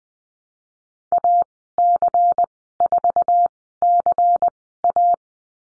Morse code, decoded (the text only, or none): AC4CA